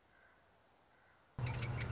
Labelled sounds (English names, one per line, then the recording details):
Common Raven
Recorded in Sonoma County, California